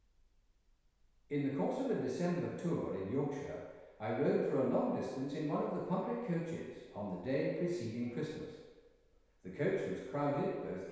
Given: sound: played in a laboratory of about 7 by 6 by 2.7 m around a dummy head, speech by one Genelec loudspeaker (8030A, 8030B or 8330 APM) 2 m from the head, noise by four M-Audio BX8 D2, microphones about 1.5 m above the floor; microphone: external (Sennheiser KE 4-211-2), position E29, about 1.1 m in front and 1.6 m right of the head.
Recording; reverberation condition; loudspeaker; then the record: male speech in English; high; in front (0 degrees)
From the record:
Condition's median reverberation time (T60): about 1300 ms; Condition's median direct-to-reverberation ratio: about -4.0 dB